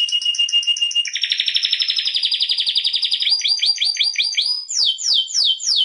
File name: chant canari birdsforalldz